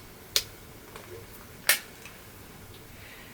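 A replacement lens is lined up in the top groove of an Oakley Batwolf sunglass frame and pushed down to seat it. A sharp click at 0.4 s marks the lens seating in the groove, followed by a second sharp click at 1.7 s and faint ticks near 1.0 s and 2.1 s. The lens is seated in the top groove.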